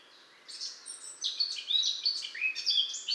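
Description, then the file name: Eurasian blackcap warbling, a rapid run of bright, scratchy and clear notes that shift in pitch, starting after half a second and continuing to the end. "Sylvia atricapilla"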